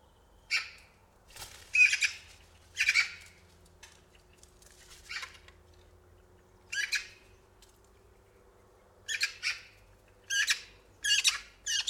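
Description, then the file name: Eurasian magpie uttering dry, grating chatter notes, with bursts coming closer together toward the end. "Pica pica"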